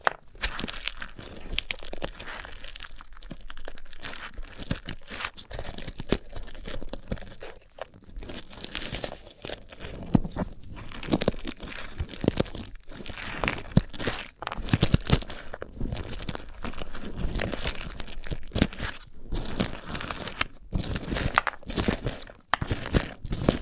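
A sunflower head being handled, with dense, continuous crackling, tearing and crunching sounds that run bright and dry across the whole clip. Short sharp snaps and brief near-silent gaps break the texture irregularly, with slightly louder bursts around the middle and near the end.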